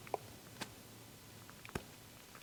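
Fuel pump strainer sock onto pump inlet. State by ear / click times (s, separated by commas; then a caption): not seated / none. A fuel pump strainer (pickup) sock is pressed onto the pump inlet on a first attempt, for an 11.4 EFI fuel tank. Only faint handling ticks are heard, briefly near 0.1 s and 1.8 s over a quiet background. The sock has not snapped into place yet.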